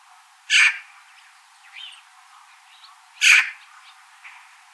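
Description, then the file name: Eurasian magpie calling with two harsh, rasping chak notes nearly three seconds apart, and faint softer sounds in between. "Pica pica"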